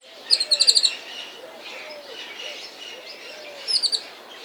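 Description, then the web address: Birds chirping: quick bursts of high, rapid notes near the start and again near the end, over a steady hiss of many softer calls. Zoo ambience with birds calling. "SFXSource. Ambiance Zoo Birds"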